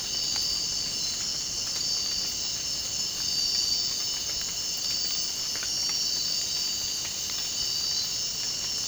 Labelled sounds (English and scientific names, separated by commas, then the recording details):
none
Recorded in dense forest near Puerto Asís, Putumayo, Colombia, on 25 June 2025 at 04:00
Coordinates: 0.499, -76.324
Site G100